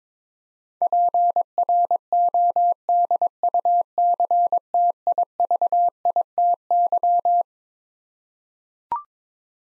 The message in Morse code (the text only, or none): PRODUCTIVITY